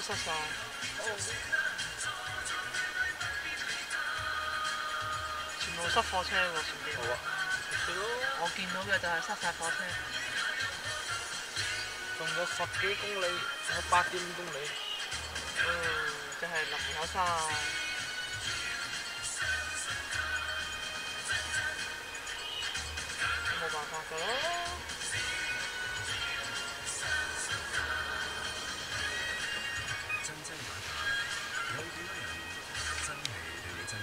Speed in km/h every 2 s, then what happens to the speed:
6, 6, 6, 4, 3, 0, 0, 0, 0, 7, 10, 10, 11, 13, 15, 15, 17.
0-9 steady at about 6. 9-16 standing. 16-20 pulls away to 10. 20-34 steady at about 13.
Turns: none.